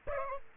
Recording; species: mosquito wingbeat signal from an infrared sensor; Aedes aegypti